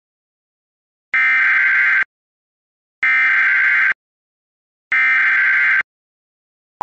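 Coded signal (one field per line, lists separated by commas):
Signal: Emergency Alert System (SAME) tones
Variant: header bursts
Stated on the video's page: Recreation of a mandatory evacuation alert for Pinellas, with valid alert tones.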